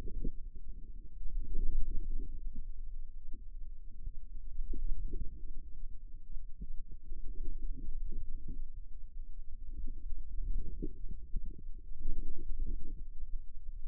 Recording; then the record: forearm muscle sounds (acoustic myography)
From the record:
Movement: ulnar deviation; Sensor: system 2, bracelet of six BSWA MPA416 microphones around the upper forearm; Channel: 1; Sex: female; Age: 25 years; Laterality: right